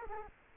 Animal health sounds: mosquito wingbeat signal from an infrared sensor; Culex quinquefasciatus

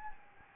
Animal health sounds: mosquito wingbeat signal from an infrared sensor; Anopheles gambiae

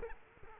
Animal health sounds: mosquito wingbeat signal from an infrared sensor; Culex quinquefasciatus

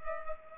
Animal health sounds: mosquito wingbeat signal from an infrared sensor; Culex pipiens

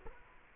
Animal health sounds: mosquito wingbeat signal from an infrared sensor; Culex quinquefasciatus

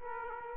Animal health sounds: mosquito wingbeat signal from an infrared sensor; Aedes aegypti

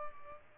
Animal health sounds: mosquito wingbeat signal from an infrared sensor; Aedes albopictus

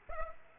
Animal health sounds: mosquito wingbeat signal from an infrared sensor; Aedes aegypti

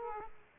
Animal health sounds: mosquito wingbeat signal from an infrared sensor; Aedes aegypti

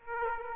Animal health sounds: mosquito wingbeat signal from an infrared sensor; Aedes aegypti

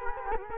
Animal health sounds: mosquito wingbeat signal from an infrared sensor; Culex quinquefasciatus

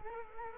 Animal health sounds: mosquito wingbeat signal from an infrared sensor; Culex quinquefasciatus

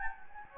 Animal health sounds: mosquito wingbeat signal from an infrared sensor; Anopheles gambiae

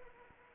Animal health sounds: mosquito wingbeat signal from an infrared sensor; Anopheles arabiensis

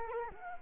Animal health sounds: mosquito wingbeat signal from an infrared sensor; Culex quinquefasciatus

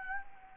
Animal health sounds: mosquito wingbeat signal from an infrared sensor; Anopheles gambiae

